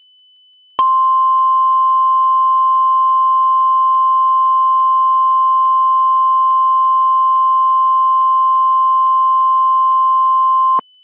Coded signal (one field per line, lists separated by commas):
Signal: Emergency Alert System (SAME) tones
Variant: 1050 Hz attention tone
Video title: NANOBOTS [EAS MOCK]